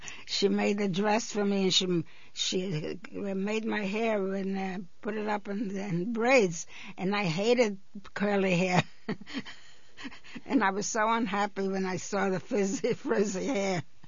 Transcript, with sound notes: She made the dress for me, and she made my hair, and put it up in braids. And I hated curly hair. (she laughs) And I was so unhappy when I saw the frizzy, frizzy hair.